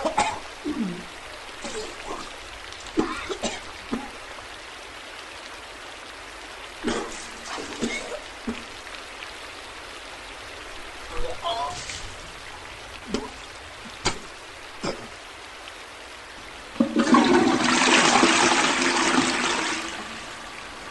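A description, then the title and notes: Someone retches and gags in short, irregular bursts, with coughs and throat-clearing noises spread over the first seventeen seconds. Near the end a loud rushing flush of water takes over for a few seconds, then fades. This is literally puking sounds for an hour with a backdrop.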